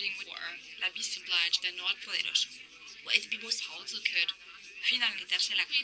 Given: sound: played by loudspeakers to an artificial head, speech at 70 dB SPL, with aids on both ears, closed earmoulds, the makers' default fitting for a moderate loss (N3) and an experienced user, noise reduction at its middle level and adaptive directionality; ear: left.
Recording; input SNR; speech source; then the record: speech test signal (ISTS) in cocktail-party noise; +6 dB; in front (0 degrees)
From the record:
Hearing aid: class 2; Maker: H